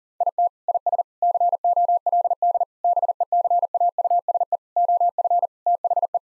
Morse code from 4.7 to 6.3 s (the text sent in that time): OF THE